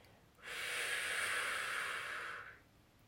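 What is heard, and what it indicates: A steady, even hiss made with the mouth lasts about two seconds, rising quickly and fading away. It is a voiced imitation of tinnitus, a constant hissing sound in the ears, by a woman who has it herself; the sound varies, sometimes quieter and sometimes quite loud.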